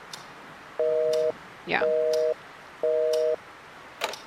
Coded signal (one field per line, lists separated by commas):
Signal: telephone call progress tone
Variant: North America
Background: speech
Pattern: busy tone